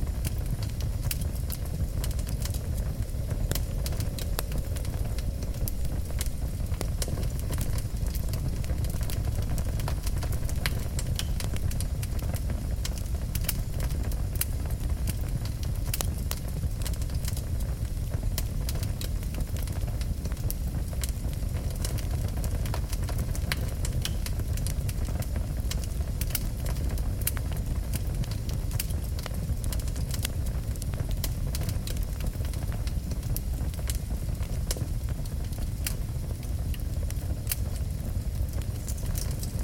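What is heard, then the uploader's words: A hearth fire burns with a steady low roar, while sharp crackles and small pops snap through constantly at an irregular, quick rate. The sound stays even throughout, with no pauses or swells, just continuous burning and dense crackling. Cozy Cabin Fire. The fire on the hearth crackles.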